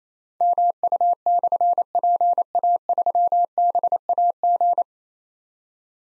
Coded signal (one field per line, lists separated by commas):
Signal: Morse code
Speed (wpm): 29 wpm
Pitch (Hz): 700 Hz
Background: none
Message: MU/PA3BAG